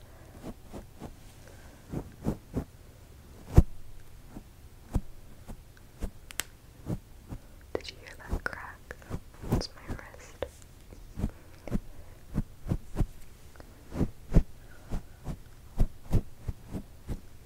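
Gentle mic triggers: soft taps and thumps land every half second or so, sometimes in quick pairs, over a quiet low hum. Between about eight and ten seconds a brighter scratching, rustling sound mixes in with the taps.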